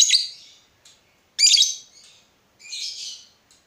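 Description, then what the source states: Yellow-vented bulbul giving three harsh, scratchy chattering bursts, each fading away, separated by short silences. Used as a bird lure (pikat).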